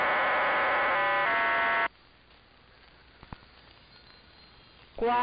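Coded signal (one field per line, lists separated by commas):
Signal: numbers station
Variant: HM01, RDFT data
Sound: a dense chord of many steady tones shifting twice, then hiss, another burst starting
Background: radio static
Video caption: sequence 68532* *RDFT sequence 35631* *RDFT sequence 30038* *RDFT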